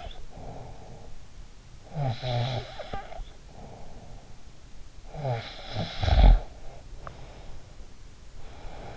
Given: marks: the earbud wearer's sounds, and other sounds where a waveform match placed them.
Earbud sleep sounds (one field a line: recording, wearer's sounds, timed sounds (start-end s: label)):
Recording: sounds in sleep by an in-ear microphone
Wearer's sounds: snoring breath, breath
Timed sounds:
0.00-8.49 s: snoring breath
8.49-8.97 s: breath